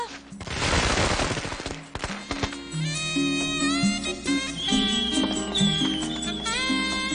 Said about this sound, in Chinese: 有人放烟花、啊，不如。所以我哋许个愿咯。 吓，对住烟花许愿。